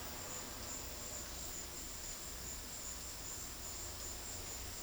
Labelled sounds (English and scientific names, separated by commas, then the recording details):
none
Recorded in dense forest near Puerto Asís, Putumayo, Colombia, on 19 February 2024 at 14:30
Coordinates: 0.481, -76.318
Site G6421